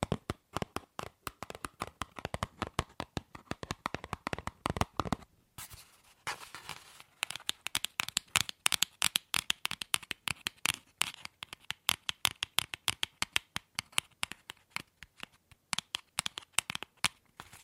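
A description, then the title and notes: Tapping on objects, a dense run of sharp, bright clicks that comes in quick bursts and slower stretches. Around five to six seconds the taps pause for a scraping, rubbing sound, then rapid tapping resumes and continues steadily to the end. ASMR Fast & Slow Tapping on 6 Objects No Talking.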